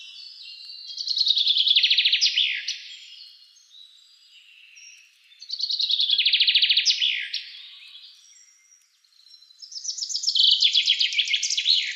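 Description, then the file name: Common chaffinch repeating its song three times, each a brisk descending cascade of chipping notes ending in a flourish, separated by pauses of a few seconds. "Fringilla coelebs"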